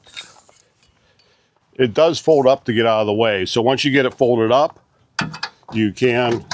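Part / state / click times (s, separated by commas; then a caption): locking pin into the fold mechanism of a hitch-mounted bike rack / not seated / none. A Young Electric 2+2 hitch-mounted bike rack is handled after being folded up, with the metal locking pin about to go into its fold mechanism to hold it upright. A few faint metallic handling sounds come early, then someone talks for the rest of the clip. Nothing has seated or clicked yet; the pin is not yet home.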